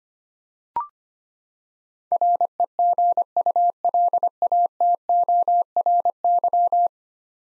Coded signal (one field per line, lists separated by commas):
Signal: Morse code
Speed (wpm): 25 wpm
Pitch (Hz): 700 Hz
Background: none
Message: REGULATORY